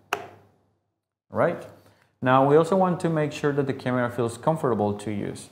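A replacement rechargeable battery is pushed all the way into the battery compartment of a handheld acoustic camera and latches with a sharp click at 0.1 s. Someone then talks.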